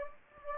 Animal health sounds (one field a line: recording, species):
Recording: mosquito wingbeat signal from an infrared sensor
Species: Anopheles gambiae